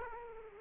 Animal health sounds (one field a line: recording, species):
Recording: mosquito wingbeat signal from an infrared sensor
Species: Aedes aegypti